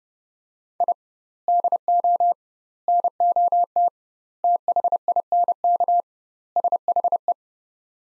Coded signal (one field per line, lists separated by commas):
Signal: Morse code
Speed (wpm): 30 wpm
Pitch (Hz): 700 Hz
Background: none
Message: I DO NOT THINK SHE